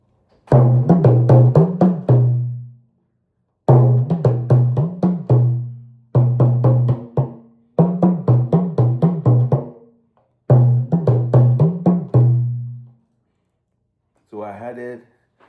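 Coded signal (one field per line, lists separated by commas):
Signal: talking drum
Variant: Yoruba dùndún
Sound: phrases of quick resonant drum strokes with gliding pitch, separated by short pauses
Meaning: A shower arrogantly claims it can act like a river, but will soon be shown incapable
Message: Baluwẹ tolohun o ṣe bi odo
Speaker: that claims arrogantly that he could perform or behave like a river. It won't take us long to to figure that he is not capable of it of doing that. We shall witness that.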